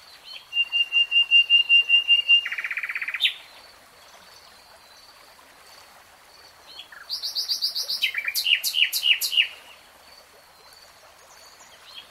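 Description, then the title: Nightingale song: a rapid string of whistled pulses sliding into a buzzy trill, then after a pause high repeated notes and loud descending chirps. Singing in real time. "[Tiếng chim hót] 3 Hours REALTIME Nightingale Singing"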